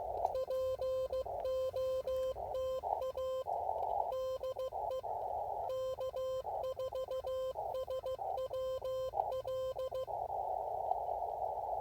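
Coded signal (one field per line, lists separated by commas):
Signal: Morse code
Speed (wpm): 15 wpm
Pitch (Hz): 520 Hz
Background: music, radio noise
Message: POTA DE K4SWL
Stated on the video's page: Parks on the Air activation at 10 watts with an Elecraft KX3 and AX1 antenna.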